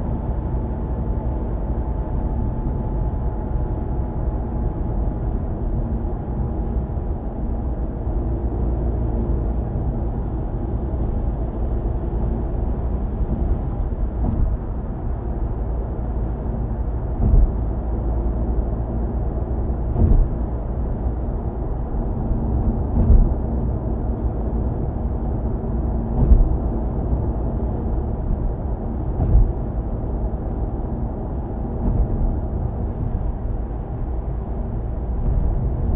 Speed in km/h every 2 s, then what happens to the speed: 91, 90, 88, 86, 84, 85, 85, 83, 82, 83, 84, 84, 83, 84, 84, 84, 83, 83.
0-15 slows to 82. 15-36 steady at about 83.